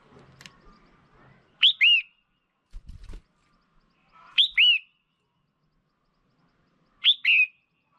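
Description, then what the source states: Red-whiskered bulbul call of paired whistled notes, sharp then slurred, given three times, with a soft tap or rustle in between. Female.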